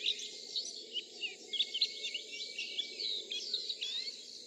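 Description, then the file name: Swinhoe's white-eye calls: a busy stream of short, high, thin chirps and twittering notes, with a steady high insect-like whine and soft low background noise. Recorded at Yushan, Taiwan. "綠繡眼"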